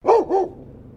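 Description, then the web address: Labrador retriever barking: two quick gruff barks in a row, trailing off into a low rumbling growl. Barking and growling. "Sound Effects-Foundation 1 ANIMAL DOG LABRADOR BARK GROWL"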